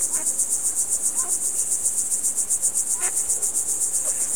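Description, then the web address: Cricket chirping in a rapid, even high-pitched pulse, with a few brief faint calls in the background. "best service Blue Box birds ducks frogs crickets"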